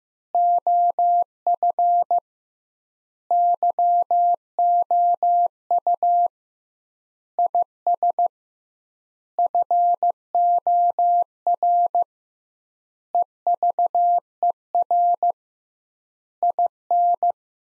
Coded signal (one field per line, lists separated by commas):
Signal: Morse code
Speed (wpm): 15 wpm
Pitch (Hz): 700 Hz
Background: none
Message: OF YOU IS FOR EVER IN